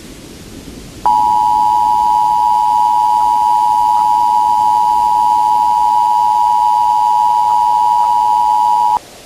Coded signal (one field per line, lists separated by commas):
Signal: Emergency Alert System (SAME) tones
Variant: 853 and 960 Hz attention tone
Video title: The Tri-State Cold (EAS Scenario)